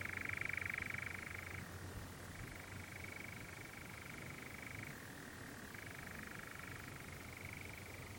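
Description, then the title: European Nightjar reeling a long unbroken churr, loudest at the start, shifting between two pitch levels every couple of seconds. Nocturnal bird churring on a warm June evening on a hill in the Brecon Beacons, on a summer's night. "Sound Escape 20: the mesmerising churring of a nightjar on a summer's night"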